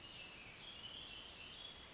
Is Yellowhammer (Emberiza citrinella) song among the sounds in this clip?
no